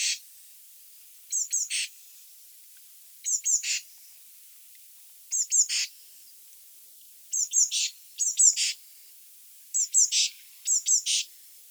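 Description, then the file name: Eurasian blue tit giving high thin double notes followed by a short lower note, repeated in groups throughout against faint background hiss. "Cyanistes caeruleus"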